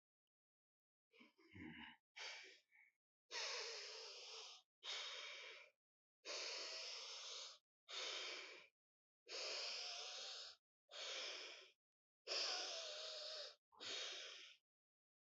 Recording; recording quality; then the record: deep breathing; excellent, no background noise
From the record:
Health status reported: healthy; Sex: male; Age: 25 years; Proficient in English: yes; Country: India